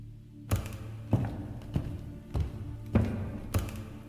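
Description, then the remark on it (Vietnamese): Hurried footsteps of three people running down stairs: six heavy, dull thuds land at a steady, quick pace over a constant low hum, with no voices. “Vừa định tiến về phía trước thì nghe thấy trên cầu thang truyền đến tiếng bước chân dồn dập.”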